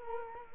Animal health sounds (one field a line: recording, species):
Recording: mosquito wingbeat signal from an infrared sensor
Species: Culex quinquefasciatus